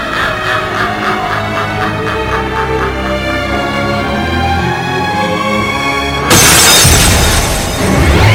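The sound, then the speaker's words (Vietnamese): A sustained, shimmering tonal drone holds for several seconds, then a mirror suddenly shatters in a loud burst of breaking glass, with bright shards tinkling and scattering for about two seconds. “Lúc này, tấm gương ký ức bỗng nhiên vỡ tan.”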